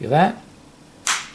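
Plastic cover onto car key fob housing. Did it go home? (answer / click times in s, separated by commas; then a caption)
yes / 1.1 s. Someone talks briefly, then a plastic cover is pressed back onto a Cadillac key fob housing (the fob for XT6, XT5, CT6, early XT4 and Escalade models) after a battery replacement. At 1.1 seconds the plastic case halves snap together with one short, sharp click, and the cover is seated.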